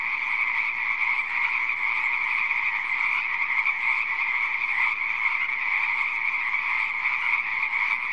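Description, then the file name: A continuous frog chorus, overlapping croaks blending into a level, buzzy hum. "audio hero Frog"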